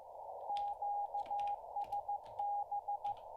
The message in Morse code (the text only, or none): QSB